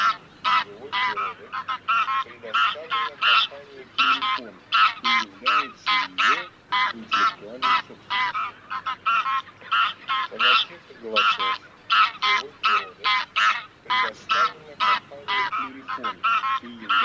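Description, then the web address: Greylag goose giving a long run of many harsh nasal honks in close succession. "Гусь серый Oca selvatica"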